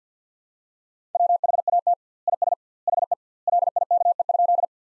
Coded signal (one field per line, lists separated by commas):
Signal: Morse code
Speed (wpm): 50 wpm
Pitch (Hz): 700 Hz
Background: none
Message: WHAT IS HE LIKE?